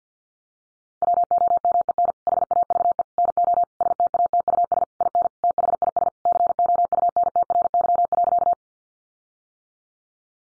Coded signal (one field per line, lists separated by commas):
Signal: Morse code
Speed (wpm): 50 wpm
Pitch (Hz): 700 Hz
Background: none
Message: WOMEN HAVE NO STATUS IN THIS COUNTRY.